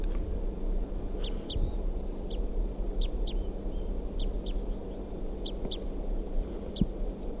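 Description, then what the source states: Crossbill calls: short sharp clipped notes, single or in quick pairs, at irregular intervals over a steady low rumble of background noise. Wild female calling from a ponderosa pine across the road, after visiting caged bird 327.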